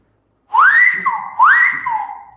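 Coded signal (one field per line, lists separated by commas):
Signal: whistled language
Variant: Silbo Gomero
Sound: a loud whistle sliding up then dropping low, repeated twice in quick succession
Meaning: OK, understood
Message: bueno bueno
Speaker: bueno bueno o es Hey hey es como el Ok de Los Americanos eh lo entiendo y está todo entendido entonces bueno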